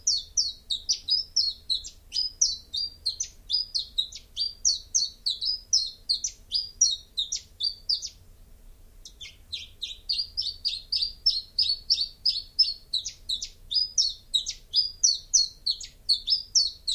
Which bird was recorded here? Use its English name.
Common Chiffchaff